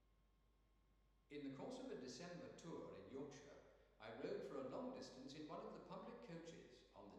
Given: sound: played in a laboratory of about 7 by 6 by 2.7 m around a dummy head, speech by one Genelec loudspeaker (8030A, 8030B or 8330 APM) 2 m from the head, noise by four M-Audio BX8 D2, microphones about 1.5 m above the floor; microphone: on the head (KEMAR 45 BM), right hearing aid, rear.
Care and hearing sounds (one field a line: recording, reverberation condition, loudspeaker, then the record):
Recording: male speech in English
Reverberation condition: high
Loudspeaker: 150 degrees to the right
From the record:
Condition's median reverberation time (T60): about 1300 ms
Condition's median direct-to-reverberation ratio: about -4.0 dB